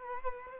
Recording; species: mosquito wingbeat signal from an infrared sensor; Culex quinquefasciatus